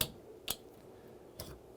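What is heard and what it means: A door knob handle on a Defiant Freedom keyed entry lockset is pushed back onto the spindle on the other side of the door and clicks into place at 0.0 s, with two fainter clicks following at about 0.5 s and 1.4 s. The knob is seated.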